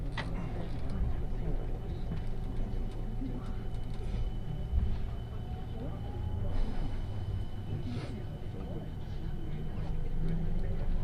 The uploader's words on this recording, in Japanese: 耳で楽しむ鉄道旅 東海道本線新快速 草津→新大阪。